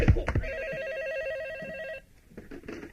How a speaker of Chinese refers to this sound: 二哥，你的电话。